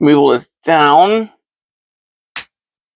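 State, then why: Seated. Someone talks while moving a hinged plastic section of a Transformers Age of the Primes Liege Maximo action figure down during its transformation. After a pause, a single sharp, loud click at 2.4 s marks the section locking into place, and it is seated.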